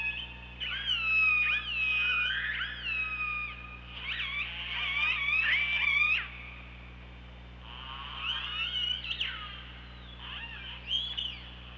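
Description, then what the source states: Killer whale calls, long harmonic whistled tones with rising and falling sweeps and pulsed bursts, several calls overlapping, low hum below. Recorded by OrcaLab hydrophone on 24 August 2017 at 15:21.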